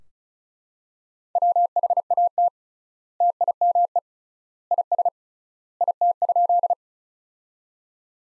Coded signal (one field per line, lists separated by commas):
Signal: Morse code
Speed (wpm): 36 wpm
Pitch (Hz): 700 Hz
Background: none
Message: WHAT TIME IS IT?